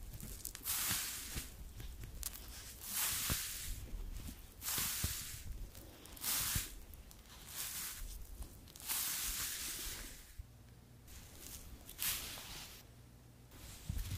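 Creamy products being worked in with massaging motions, a soft rubbing hiss that swells in repeated strokes roughly every second or so. Each stroke is a bright airy swish, with quieter gaps and faint low thumps and occasional squishy sounds between them.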